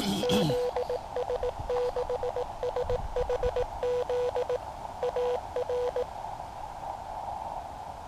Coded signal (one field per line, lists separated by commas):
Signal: Morse code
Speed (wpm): 18 wpm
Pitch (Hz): 490 Hz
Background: radio noise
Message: ZS6SHZ AR